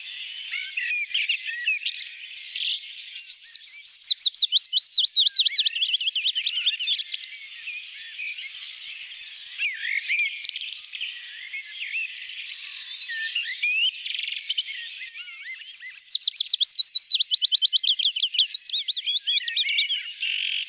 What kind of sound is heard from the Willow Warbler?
song